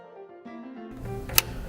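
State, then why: Seated. An LC uniboot fiber-optic connector with a plastic push-pull housing is pushed into an adapter while music plays. A single sharp click is heard at 1.4 s as the connector seats in the adapter.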